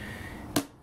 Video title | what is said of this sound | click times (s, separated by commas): ScanTool 425801 OBDLink SX USB - Review | you press the release button and you can turn it around it clicks into place | 0.6 s